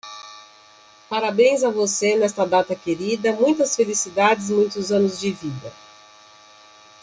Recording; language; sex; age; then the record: short text; Brazilian Portuguese; female; 50 to 59 years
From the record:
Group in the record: control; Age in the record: 53 years